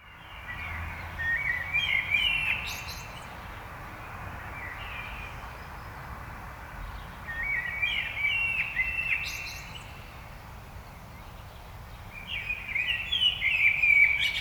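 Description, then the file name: Common blackbird giving several bursts of fast, twittering, stepped notes a few seconds apart, with low steady background noise. "Turdus merula"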